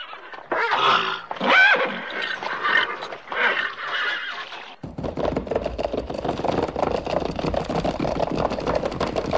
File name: horse